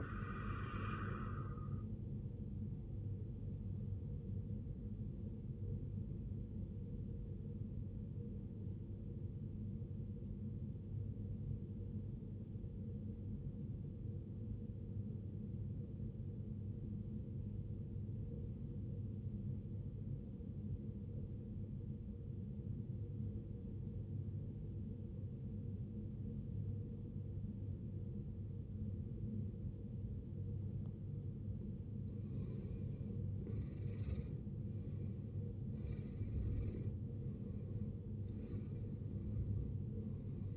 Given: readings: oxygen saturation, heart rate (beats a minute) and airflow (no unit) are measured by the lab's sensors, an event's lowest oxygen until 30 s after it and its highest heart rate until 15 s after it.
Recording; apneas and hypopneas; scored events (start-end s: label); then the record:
breathing in sleep by a smartphone at the bedside; 1
8.00-32.40 s: obstructive apnea (N1, oxygen 94% highest, then 77% lowest, heart rate 57 at the start, 73 highest)
16.00-40.57 s: new sleep stage, N2 (light sleep)
From the record:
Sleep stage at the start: N1 (lightest sleep); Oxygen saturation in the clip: 78 to 94%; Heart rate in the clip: 53 to 73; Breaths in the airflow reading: 4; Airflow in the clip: -14.9 to 17.0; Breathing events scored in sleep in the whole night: 389 in 6.3 hours asleep